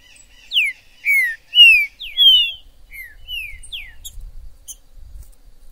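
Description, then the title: Green-winged saltator: loud, clear, slurred whistles in a brisk series, fading into softer notes and a few high chips. Trinca-ferro 'Major' in the forest, chirping, singing and 'macheando' (acting male) in a dispute; video meant to excite a pet trinca-ferro. "ESQUENTAR Seu TRINCA Piando, Cantando E Macheando Na DISPUTA. TRINCA FERRO no MATO Trinca ferro MAJOR no MATO"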